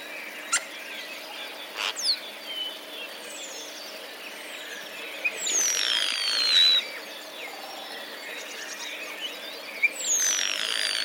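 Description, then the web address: Common starling song with scattered clicks, then thin descending whistles and a burst of scratchy warbling in the middle. Starling song including mimicry of sparrow sounds; recorded 10 April 2023. "wroblowe zapozyczenia szpaki 10 04 2023"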